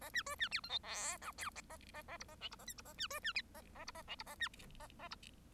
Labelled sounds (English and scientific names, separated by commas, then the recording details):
Bengalese Finch (Lonchura striata domestica) song
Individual Bird1